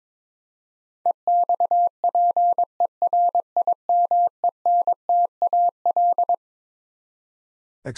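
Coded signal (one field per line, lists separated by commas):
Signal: Morse code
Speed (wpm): 22 wpm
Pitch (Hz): 700 Hz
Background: none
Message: EXPERIMENTAL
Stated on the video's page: Morse code head-copy drill of twelve-letter words at 22 wpm, each word sent, spoken, then sent again.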